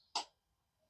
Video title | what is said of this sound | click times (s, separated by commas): project Sundance #3 :Repairs Repairs and more Repairs | They snap in place. You can't yank them back out. | 0.2 s